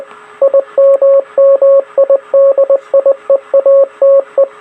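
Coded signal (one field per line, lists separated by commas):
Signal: Morse code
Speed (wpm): 20 wpm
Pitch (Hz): 550 Hz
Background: radio noise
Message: IMMIDIEATE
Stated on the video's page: Recreation of the Titanic CQD distress call in Morse.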